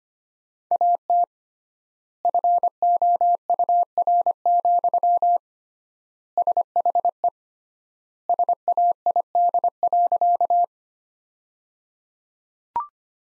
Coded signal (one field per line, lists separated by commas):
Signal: Morse code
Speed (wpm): 25 wpm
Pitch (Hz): 700 Hz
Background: none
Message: AT FOUR, SHE SAID.